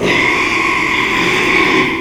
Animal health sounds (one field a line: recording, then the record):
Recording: squeal of a Yucatan mini pig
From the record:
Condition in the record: after surgery on the right vocal fold (resection and tissue-engineered implant)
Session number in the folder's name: 1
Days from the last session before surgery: 6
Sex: male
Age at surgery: 12 weeks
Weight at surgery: 13 kg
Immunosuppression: cyclosporine, prednisolone